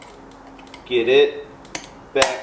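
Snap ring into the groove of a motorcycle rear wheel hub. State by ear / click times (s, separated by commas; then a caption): partly seated / 2.2 s. Someone talks while a steel snap ring is pushed down with snap ring pliers into the groove of a KTM 1090/1190/1290 motorcycle rear wheel hub, over the new wheel bearing. Faint metallic ticks come at about 0.7 s and 1.8 s. A sharp metallic click follows at 2.2 s, but the ring does not click all the way into the groove.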